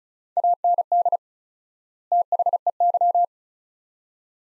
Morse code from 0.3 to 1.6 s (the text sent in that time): AND